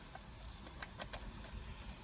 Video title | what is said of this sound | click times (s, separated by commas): How to Replace a Steering Wheel - MG TF How To Guide | then the plug simply pushes back in and you hear the click | 1.0 s